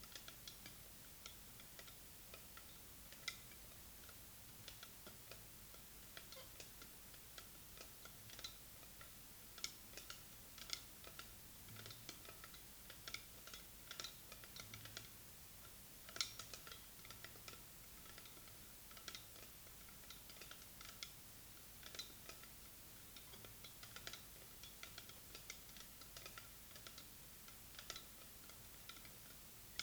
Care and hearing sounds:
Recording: daily activity, guitar pickup as the sensor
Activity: fry

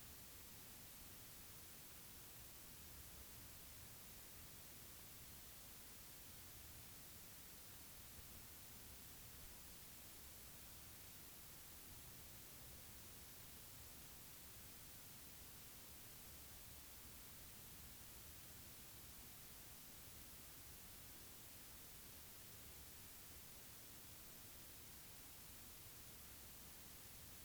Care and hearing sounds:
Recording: daily activity, guitar pickup as the sensor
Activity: stand

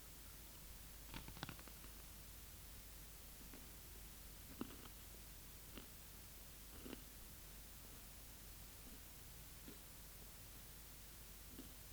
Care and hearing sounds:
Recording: daily activity, guitar pickup as the sensor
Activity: eat

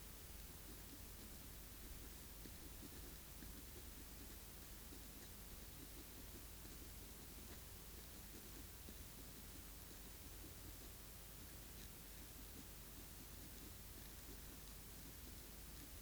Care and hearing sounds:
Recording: daily activity, guitar pickup as the sensor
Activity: write

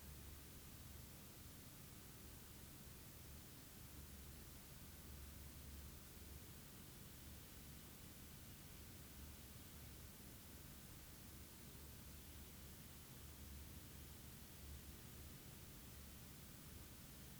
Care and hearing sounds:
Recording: daily activity, guitar pickup as the sensor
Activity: sit

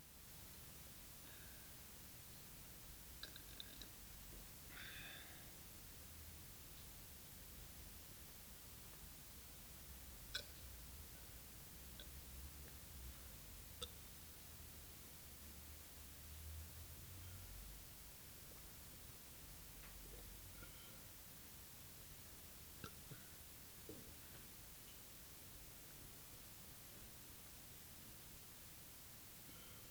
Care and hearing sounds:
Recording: daily activity, guitar pickup as the sensor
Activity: drink water

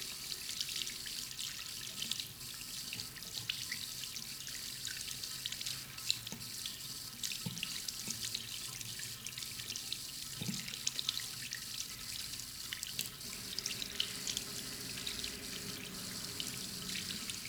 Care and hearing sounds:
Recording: daily activity, guitar pickup as the sensor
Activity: wash hands

